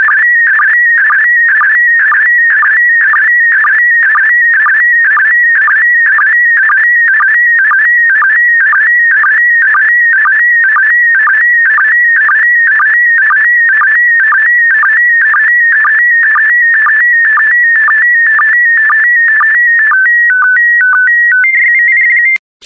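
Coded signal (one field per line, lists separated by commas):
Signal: SSTV (slow-scan television)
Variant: PD120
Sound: steady warbling high tone with rhythmic short low blips, then stepped tones at end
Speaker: complete. You can now check your decoded image against the picture that is shown on the video.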